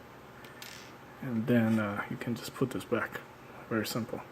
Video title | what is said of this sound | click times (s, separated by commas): Bandai Gunpla HGUC 1/144 Gundam Tristan (UC/Twilight Axis) Review | Very simple. Snaps back in. | 0.6 s